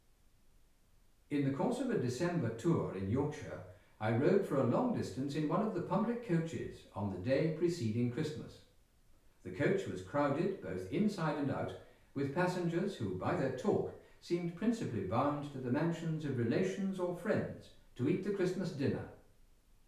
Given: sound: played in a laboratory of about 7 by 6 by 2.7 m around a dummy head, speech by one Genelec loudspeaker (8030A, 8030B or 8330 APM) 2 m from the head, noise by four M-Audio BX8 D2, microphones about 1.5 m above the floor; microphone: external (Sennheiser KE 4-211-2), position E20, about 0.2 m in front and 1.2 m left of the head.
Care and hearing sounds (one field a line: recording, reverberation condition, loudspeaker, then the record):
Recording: male speech in English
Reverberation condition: medium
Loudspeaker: 90 degrees to the right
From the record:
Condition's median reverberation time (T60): about 510 ms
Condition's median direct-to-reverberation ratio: about -0.5 dB